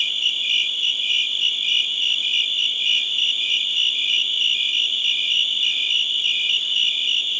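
Crickets chirping in a dense, steady chorus, high pulsed trills overlapping continuously with a fainter higher layer of rapid beats, no other sounds.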